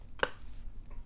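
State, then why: Seated. A magnetic clasp closes a small pocket flap on a handmade paper crafting journal. A sharp, bright click at 0.2 s is followed by a faint tick near 0.9 s and a soft knock at 1.1 s, over quiet background. The magnetic pocket closure snaps shut and seats.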